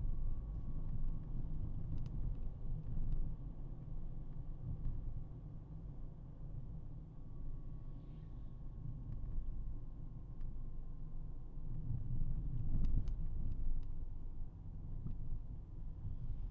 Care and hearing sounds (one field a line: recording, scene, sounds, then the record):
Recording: everyday scene through a hearing-aid microphone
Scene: in a vehicle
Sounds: engine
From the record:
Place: Berlingo II, diesel engine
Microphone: behind the ear, right, front